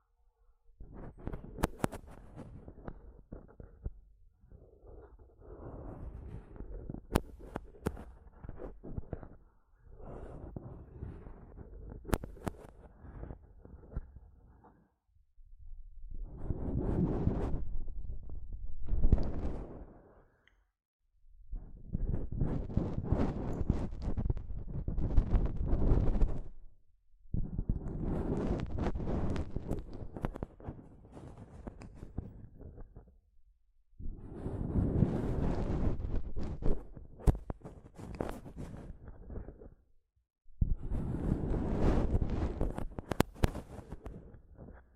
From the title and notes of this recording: ASMR Mic Tapping and Scratching (No Talking).